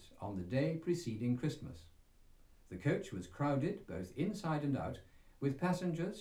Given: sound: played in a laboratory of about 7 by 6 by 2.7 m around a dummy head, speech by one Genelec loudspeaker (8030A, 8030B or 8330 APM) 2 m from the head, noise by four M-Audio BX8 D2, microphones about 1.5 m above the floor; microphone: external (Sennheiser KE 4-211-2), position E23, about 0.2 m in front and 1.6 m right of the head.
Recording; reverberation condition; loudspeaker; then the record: male speech in English; low; 150 degrees to the left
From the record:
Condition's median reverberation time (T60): about 310 ms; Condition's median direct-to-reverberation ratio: about 3.5 dB